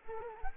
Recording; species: mosquito wingbeat signal from an infrared sensor; Culex quinquefasciatus